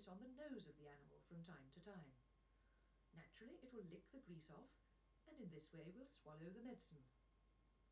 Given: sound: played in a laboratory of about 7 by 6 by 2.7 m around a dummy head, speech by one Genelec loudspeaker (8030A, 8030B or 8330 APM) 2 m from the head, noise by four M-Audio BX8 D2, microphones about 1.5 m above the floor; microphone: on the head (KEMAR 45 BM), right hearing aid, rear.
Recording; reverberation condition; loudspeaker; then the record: female speech in English; low; 150 degrees to the left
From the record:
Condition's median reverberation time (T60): about 310 ms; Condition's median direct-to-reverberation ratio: about 3.5 dB